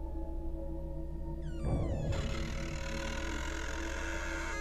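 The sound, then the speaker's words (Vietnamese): A wardrobe door creaks slowly open, a drawn-out groan with a gliding pitch over a steady low hum, then a soft, sustained rustling hiss carries on to the end. “Tiếng cánh cửa tủ được từ từ mở ra.”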